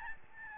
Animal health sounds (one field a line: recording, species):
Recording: mosquito wingbeat signal from an infrared sensor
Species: Aedes albopictus